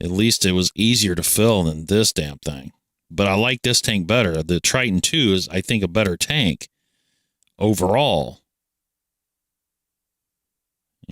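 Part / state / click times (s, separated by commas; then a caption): threaded top cap on a vape tank / not seated / none. Someone talks while screwing the threaded top cap back onto a vape tank after filling it, with a couple of faint brief ticks in a pause around 7.4 s. The thread doesn't catch properly and the cap goes on cross-threaded, so nothing has seated or clicked.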